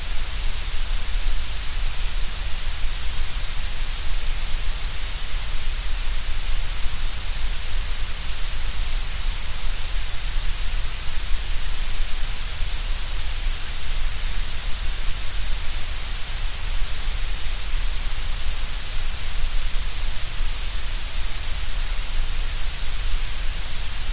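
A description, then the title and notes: Gray noise blended with blue noise: a constant, dense hiss with a deep rumble underneath and a bright, airy top, while the middle sits slightly thinner. It holds perfectly steady for the whole stretch, with no events or changes in level. Gray noise mixed with blue noise. The gray noise, with its balanced energy across all frequencies, adds a steady and constant backdrop to the experience. Gray and Blue Noise Fusion.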